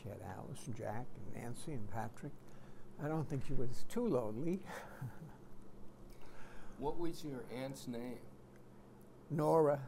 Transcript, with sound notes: She had Alice and Jack and Nancy and Patrick. I don't think she was too lonely. [chuckles]
What was your aunt's name?
Nora.